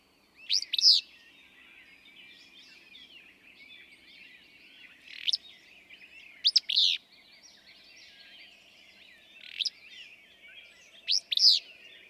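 Willow flycatcher giving quick, explosive buzzy phrases at irregular intervals, five or so in twelve seconds, against continuous twittering of other birds.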